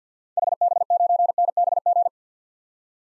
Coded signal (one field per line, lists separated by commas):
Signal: Morse code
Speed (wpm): 50 wpm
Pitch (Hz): 700 Hz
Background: none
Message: HB9NBG